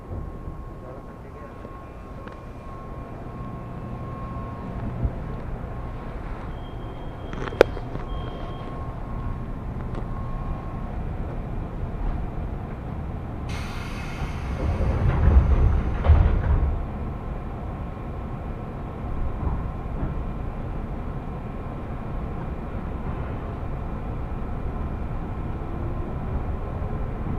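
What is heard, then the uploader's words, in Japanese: A train journey on a Japanese commuter line, with a steady low rumble running throughout. A faint tone hums for the first ten seconds, a sharp click lands near eight seconds, and a brighter hiss swells with a louder rumbling surge around fifteen to sixteen seconds. 耳で楽しむ鉄道旅 南武線・南武支線・鶴見線。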